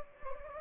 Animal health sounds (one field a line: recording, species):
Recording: mosquito wingbeat signal from an infrared sensor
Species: Anopheles gambiae